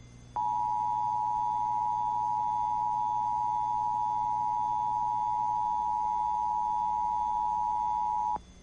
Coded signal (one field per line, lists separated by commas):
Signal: Emergency Alert System (SAME) tones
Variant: 853 and 960 Hz attention tone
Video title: Severe Thunderstorm Warning On WAHC-PGH [EAS #459]